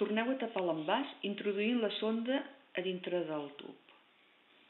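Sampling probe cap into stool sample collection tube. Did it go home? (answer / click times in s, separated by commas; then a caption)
no / none. A sampling probe cap is being pushed back into a plastic stool-sample collection tube to close it. Someone talks throughout, with quiet room tone after about 4 seconds. Nothing has seated or clicked yet.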